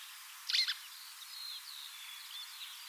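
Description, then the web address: Bird call, one brief high double note at the start, followed by faint thin whistles from other birds in the background. "Deverinetal 2025 File origin Bird Only"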